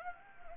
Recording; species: mosquito wingbeat signal from an infrared sensor; Anopheles gambiae